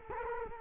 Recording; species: mosquito wingbeat signal from an infrared sensor; Culex quinquefasciatus